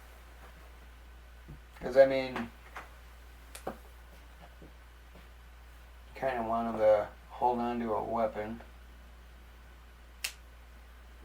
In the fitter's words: then you hear that you hear that little click his hands popping without a no issue whatsoever there